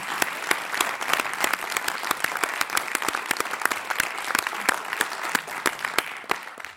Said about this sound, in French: Alors, on peut vous applaudir encore.